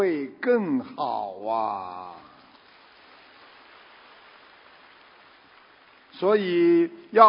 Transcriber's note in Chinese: 掌声